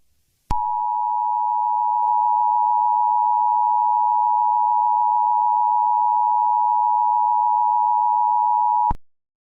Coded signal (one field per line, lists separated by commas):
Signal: Emergency Alert System (SAME) tones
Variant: 853 and 960 Hz attention tone